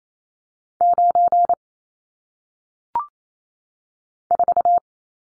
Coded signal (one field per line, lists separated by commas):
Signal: Morse code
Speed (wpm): 28 wpm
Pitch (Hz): 700 Hz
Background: none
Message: 9 4